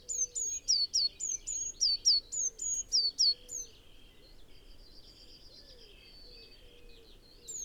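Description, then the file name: Eurasian blue tit giving high, thin repeated notes, some level and some dropping, roughly four a second for three seconds, then quieter high twittering. "Cyanistes caeruleus"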